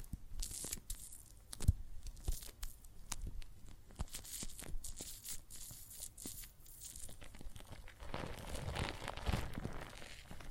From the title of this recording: Water and Soap Foam Sounds